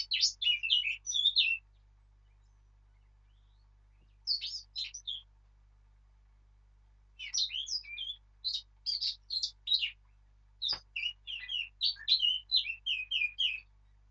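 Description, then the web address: Eurasian blackcap song in several bursts: brisk jumbled warbling phrases with gaps of silence between them, one sharp click late on, low hum throughout. "birdsong Sylvia atricapilla"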